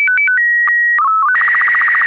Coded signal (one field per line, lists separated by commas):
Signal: SSTV (slow-scan television)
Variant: Robot BW 8